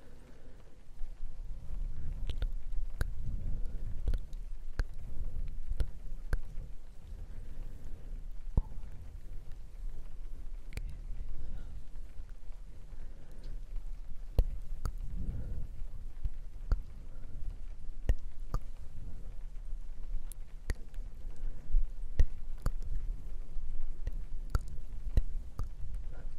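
Close, soft brushing and rustling sit right against the microphone, with a steady low rumble and frequent sharp clicks and taps scattered throughout. Breathy swells rise and fall, especially around the middle, over a faint continuous hiss like light rain.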